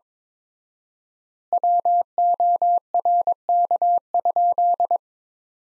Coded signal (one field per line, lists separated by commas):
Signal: Morse code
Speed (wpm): 21 wpm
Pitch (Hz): 700 Hz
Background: none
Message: WORK?